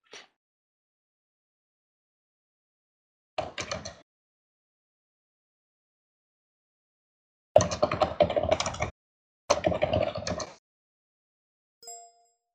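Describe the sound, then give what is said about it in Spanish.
Computer keyboard typing by a meeting participant from Manizales, Colombia, in three quick bursts of rapid clattering keystrokes separated by silence, followed by a brief soft electronic tone at the end. “Se oye tu teclado”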